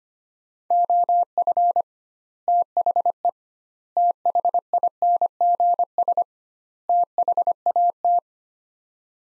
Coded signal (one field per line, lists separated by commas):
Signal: Morse code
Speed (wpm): 25 wpm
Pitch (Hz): 700 Hz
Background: none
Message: OF THE THINGS THAT